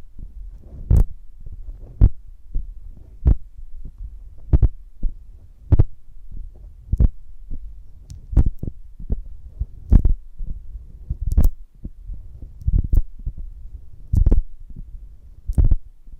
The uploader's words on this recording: ASMR of a Honeycomb on Branch (No Talking).